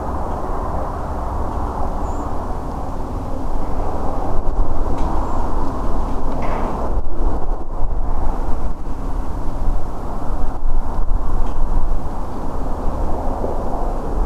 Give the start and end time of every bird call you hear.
[2.03, 2.25] Turdus iliacus (6.5-7.7 kHz)
[5.23, 5.40] Turdus iliacus (6.7-7.7 kHz)

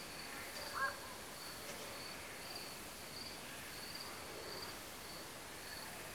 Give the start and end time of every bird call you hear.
[0.75, 0.94] Nycticorax nycticorax (0.5-1.7 kHz)

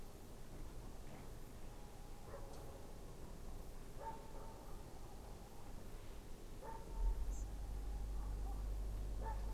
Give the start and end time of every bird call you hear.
[7.31, 7.44] Ficedula hypoleuca (5.8-8.4 kHz)

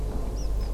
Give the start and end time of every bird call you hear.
[0.36, 0.69] Anthus trivialis (2.0-6.2 kHz)

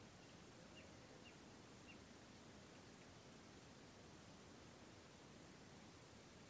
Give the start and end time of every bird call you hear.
[0.72, 1.97] Luscinia megarhynchos (2.0-3.0 kHz)

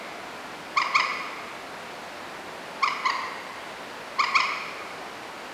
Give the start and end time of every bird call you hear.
[0.74, 1.04] Gallinula chloropus (0.6-8.2 kHz)
[2.80, 3.15] Gallinula chloropus (0.6-8.0 kHz)
[4.16, 4.46] Gallinula chloropus (0.7-8.1 kHz)

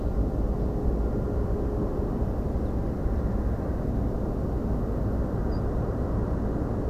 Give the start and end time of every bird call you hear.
[2.64, 2.71] Emberiza hortulana (3.4-4.4 kHz)
[5.50, 5.61] Emberiza hortulana (4.5-5.2 kHz)

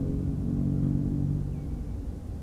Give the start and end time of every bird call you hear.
[1.50, 1.97] Tringa totanus (2.0-3.2 kHz)

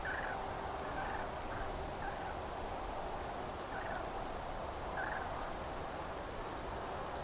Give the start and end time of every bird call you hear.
[0.04, 0.35] Grus grus (1.1-2.2 kHz)
[0.97, 1.68] Grus grus (0.8-2.2 kHz)
[2.01, 2.31] Grus grus (0.7-1.9 kHz)
[3.71, 4.01] Grus grus (0.7-2.0 kHz)
[4.96, 5.24] Grus grus (0.7-1.9 kHz)

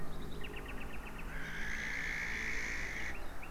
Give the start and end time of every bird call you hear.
[0.11, 3.50] Luscinia megarhynchos (1.5-5.5 kHz)
[1.30, 3.13] Tyto alba (1.3-7.6 kHz)

